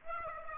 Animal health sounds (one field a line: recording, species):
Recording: mosquito wingbeat signal from an infrared sensor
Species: Aedes aegypti